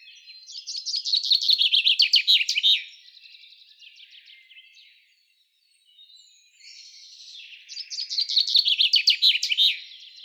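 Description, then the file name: Common chaffinch song: two bright rattling phrases, each about two seconds long, separated by quieter background birdsong. "Fringilla coelebs"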